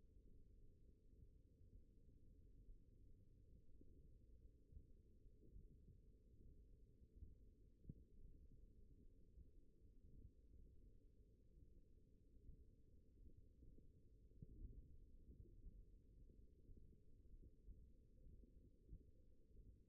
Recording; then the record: forearm muscle sounds (acoustic myography)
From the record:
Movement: thumb flexion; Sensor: system 1, eight BSWA MPA416 microphones around the upper forearm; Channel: 7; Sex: male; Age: 42 years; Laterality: right